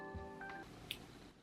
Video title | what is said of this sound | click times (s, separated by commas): LINJER JEWELRY REVIEW - affordable sterling silver jewelry + update on my gold vermeil pieces | And I know the earrings are well made when the clasp makes a satisfying click. | 0.9 s